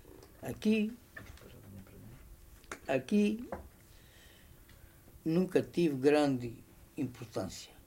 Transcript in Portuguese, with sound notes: Aqui Aqui [pausa] nunca tive grande importância.